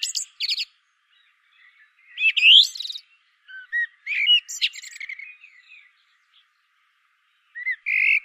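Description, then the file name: Common blackbird song phrases: brief high notes, a rising fluted whistle, a few soft notes, then a scratchy high flourish, with a final low whistle after a quiet gap. "Turdus merula"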